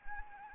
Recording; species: mosquito wingbeat signal from an infrared sensor; Anopheles arabiensis